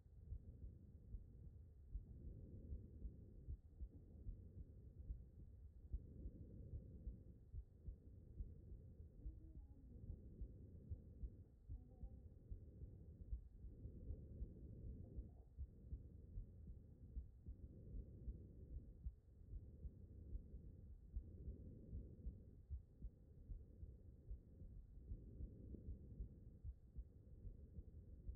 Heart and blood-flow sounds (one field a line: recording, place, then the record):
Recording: heart sounds by stethoscope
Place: aortic valve (AV)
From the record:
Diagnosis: non-HFrEF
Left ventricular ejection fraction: 63%